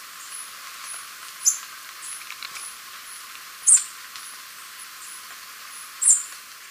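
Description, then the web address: Capped Conebill calls: very high, thin, sharp notes about every two seconds, with faint high ticks between them over a soft steady hiss. Ecuador. "Natures Songs S America Birds of Ecuador 607 Capped Conebill"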